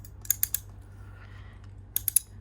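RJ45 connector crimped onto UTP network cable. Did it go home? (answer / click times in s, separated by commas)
yes / 0.3 s, 0.4 s, 0.5 s, 2.0 s, 2.1 s, 2.2 s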